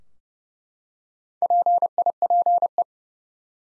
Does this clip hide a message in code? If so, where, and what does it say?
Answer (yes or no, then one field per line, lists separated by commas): yes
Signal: Morse code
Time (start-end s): 1.4-2.8 s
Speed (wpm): 32 wpm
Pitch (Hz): 700 Hz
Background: none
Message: PIPE